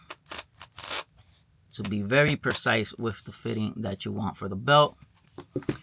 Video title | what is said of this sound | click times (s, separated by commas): KORE ESSENTIALS MUST HAVE BELT FOR EDC | So yeah, you get a very satisfying click | 0.1 s, 0.3 s, 0.4 s, 0.6 s, 0.8 s